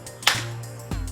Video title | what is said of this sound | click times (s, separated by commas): Any Good? Climb Cart Climbing 100LB. Capacity Folding Hand Cart Unboxing + First Impressions | just let it snap into place and you're ready to go so ideally you could just | 0.3 s